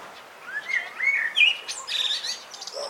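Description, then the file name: Common blackbird giving one short fluted phrase that climbs in pitch, then breaks into a burst of high, scratchy twittering notes. "Turdus merula"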